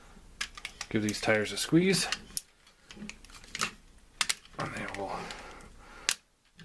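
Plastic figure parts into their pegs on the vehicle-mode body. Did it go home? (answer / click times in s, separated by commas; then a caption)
yes / 6.1 s. Plastic parts of a Masterpiece Ultra Magnus transforming figure are turned around and pressed onto their pegs on the vehicle-mode body while someone talks, with scattered sharp plastic clicks and handling taps throughout. A loud click at 6.1 s marks the parts locking securely into place.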